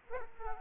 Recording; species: mosquito wingbeat signal from an infrared sensor; Aedes aegypti